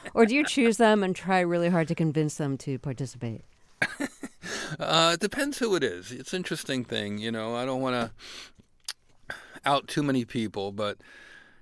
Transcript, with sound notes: or do you choose them and try really hard to convince them to participate?
(Laughter) It depends who it is. It's interesting thing. You know, I don't want to out too many people,